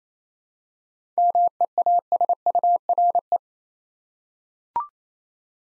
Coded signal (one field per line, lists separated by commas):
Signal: Morse code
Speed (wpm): 28 wpm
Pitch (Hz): 700 Hz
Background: none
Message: MEASURE